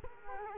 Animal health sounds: mosquito wingbeat signal from an infrared sensor; Culex quinquefasciatus

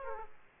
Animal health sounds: mosquito wingbeat signal from an infrared sensor; Aedes aegypti

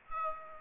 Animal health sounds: mosquito wingbeat signal from an infrared sensor; Aedes aegypti

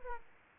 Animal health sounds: mosquito wingbeat signal from an infrared sensor; Aedes aegypti

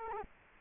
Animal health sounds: mosquito wingbeat signal from an infrared sensor; Culex quinquefasciatus

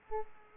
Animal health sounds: mosquito wingbeat signal from an infrared sensor; Aedes aegypti

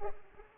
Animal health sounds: mosquito wingbeat signal from an infrared sensor; Culex pipiens

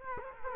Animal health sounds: mosquito wingbeat signal from an infrared sensor; Culex quinquefasciatus

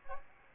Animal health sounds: mosquito wingbeat signal from an infrared sensor; Aedes aegypti

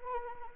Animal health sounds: mosquito wingbeat signal from an infrared sensor; Anopheles arabiensis

